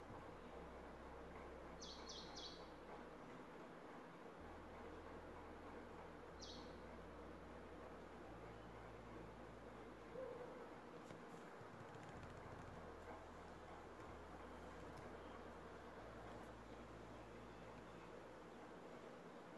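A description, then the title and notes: A steady indoor hum fills the room with a low drone, a soft rumble like traffic, and two faint bright chirps early on. Cozy home ambience.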